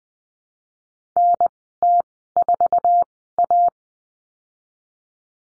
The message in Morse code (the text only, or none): NT4A